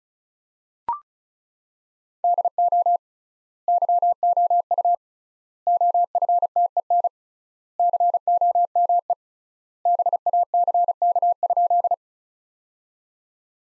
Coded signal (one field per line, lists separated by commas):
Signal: Morse code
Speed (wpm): 36 wpm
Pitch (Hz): 700 Hz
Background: none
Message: DO YOU OFTEN COME BACK?